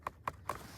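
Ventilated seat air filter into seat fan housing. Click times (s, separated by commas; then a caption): 0.1 s, 0.3 s, 0.5 s. A ventilated seat air filter on a Jaguar XJL is twisted into its plastic fan housing under the car seat. Three short, sharp clicks sound at 0.1, 0.3 and 0.5 seconds as it twist-locks into place. The filter is seated.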